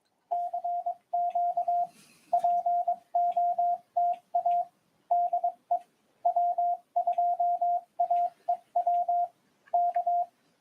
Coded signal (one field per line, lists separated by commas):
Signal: Morse code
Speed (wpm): 22 wpm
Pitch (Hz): 700 Hz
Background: radio noise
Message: CQ POTA DE W2AEW K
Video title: RADIOAMADOR 1ªEd 14/12/2022 "AULA 45: CW, LEGIS e C.RODADA" FM 146.410 Mhz. PY2EXU PAULO CRASP/RAF.